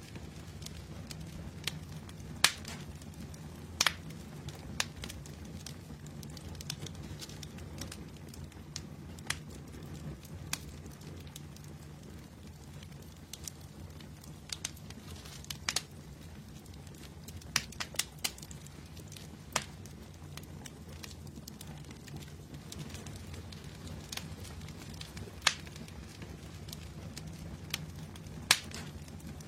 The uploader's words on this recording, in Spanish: Sonido de Fuego para Relajarse y Dormir. Este video presenta una hermosa llamarada de fuego.